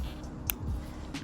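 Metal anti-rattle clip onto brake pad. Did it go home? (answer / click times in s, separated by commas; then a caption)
yes / 0.5 s. A purple metal top shim clip is pressed onto a brake pad during a front and rear brake job on a 2016–2022 Lexus RC200t. A short, sharp snap sounds at 0.5 s over a low background hum, and the clip is seated and good to go.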